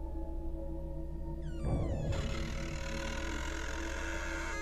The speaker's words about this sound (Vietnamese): Tiếng cánh cửa tủ được từ từ mở ra.